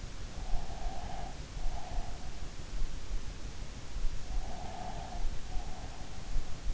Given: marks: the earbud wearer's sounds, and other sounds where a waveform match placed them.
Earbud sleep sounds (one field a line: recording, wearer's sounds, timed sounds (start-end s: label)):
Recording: sounds in sleep by an in-ear microphone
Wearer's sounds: breath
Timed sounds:
0.37-2.50 s: breath
4.38-6.32 s: breath